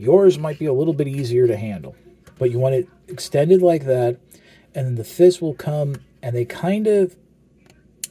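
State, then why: Seated. Someone talks while extending the arms of a Transformers Age of the Primes Venin action figure, then folds the plastic fist out from its arm. A sharp, loud click at 8.0 s marks the fist snapping into place.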